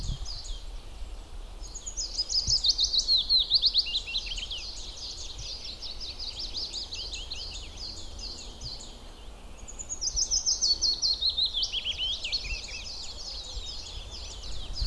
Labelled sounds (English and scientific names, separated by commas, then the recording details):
Willow Warbler (Phylloscopus trochilus) song
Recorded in the wild
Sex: male
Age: adult
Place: Waldsieversdorf, Rotes Luch, Brandenburg, DE
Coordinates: 52.5411, 14.0472
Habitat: wood
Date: 1992-04-30
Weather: fair, 15°C
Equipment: Aiwa HD-S1, Sennheiser ME 80
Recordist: Frommolt, Karl-Heinz